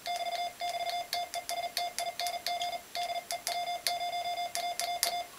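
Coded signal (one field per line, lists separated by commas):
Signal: Morse code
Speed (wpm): 38 wpm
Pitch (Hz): 700 Hz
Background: none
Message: <BT> <BT> TESTING DE W0AAA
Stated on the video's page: Small portable Morse code keys for operating from portable locations.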